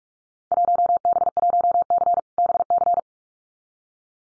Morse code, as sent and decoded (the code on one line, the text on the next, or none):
.---- -... .---- -.-. / -... -.-.
1B1C BC